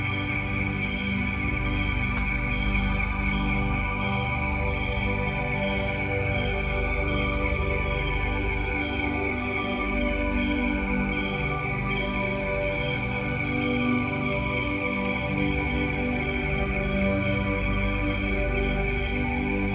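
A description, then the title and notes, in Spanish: Night animals fill the air with a steady, dense chorus. Rapid, evenly spaced chirps repeat without pause in a bright upper register, layered over a constant high insect-like whine and a low murmur underneath. The level stays even throughout. Animales Nocturnos. Pero allá afuera hay muchas criaturas que apenas despiertan, rondan la maleza y buscan alimento.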